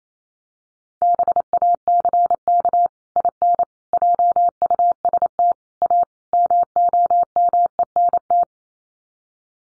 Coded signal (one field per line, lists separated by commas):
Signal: Morse code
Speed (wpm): 28 wpm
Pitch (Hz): 700 Hz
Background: none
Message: BACK IN JUST A MOMENT